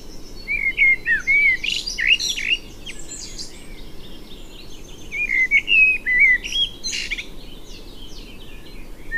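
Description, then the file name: Common blackbird giving two phrases of warbled notes with high twittering, separated by a quiet spell, over a steady low background rumble. "Turdus merula"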